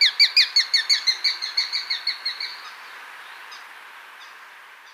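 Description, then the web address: Plain-breasted hawk giving a rapid series of many sharp kek notes that gradually fade before stopping. Recorded in Ecuador. "Birds of Ecuador. Plain-breasted Hawk"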